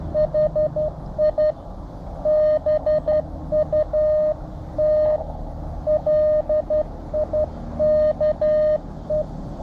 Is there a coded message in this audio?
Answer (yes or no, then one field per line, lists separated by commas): yes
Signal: Morse code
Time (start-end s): 0.2-9.2 s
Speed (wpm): 12 wpm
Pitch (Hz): 610 Hz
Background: radio noise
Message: HI BUT LIKE